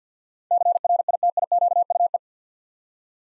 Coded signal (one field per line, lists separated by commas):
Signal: Morse code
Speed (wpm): 50 wpm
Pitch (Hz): 700 Hz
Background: none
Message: CRITIQUE